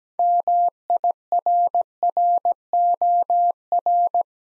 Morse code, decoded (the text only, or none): MIRROR